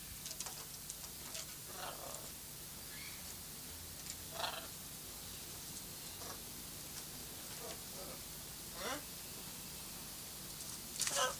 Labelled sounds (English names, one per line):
Blue-and-yellow Macaw call